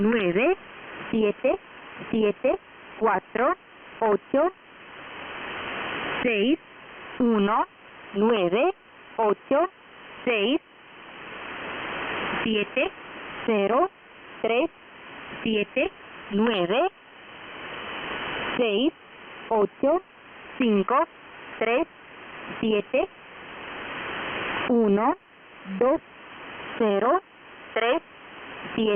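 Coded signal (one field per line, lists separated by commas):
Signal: numbers station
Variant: V07, Spanish language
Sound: a voice reading short words in regular groups with pauses, over radio hiss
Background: radio static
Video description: The message consisted of 126 five digit code groups.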